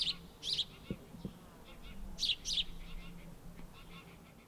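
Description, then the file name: House sparrow giving short, bright chirps, a pair near the start and another pair past two seconds, with a faint low hum underneath. "Passer domesticus"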